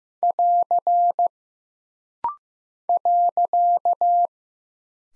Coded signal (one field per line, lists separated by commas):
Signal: Morse code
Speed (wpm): 15 wpm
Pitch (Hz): 700 Hz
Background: none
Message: <AR> .